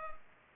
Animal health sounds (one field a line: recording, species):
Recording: mosquito wingbeat signal from an infrared sensor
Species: Culex pipiens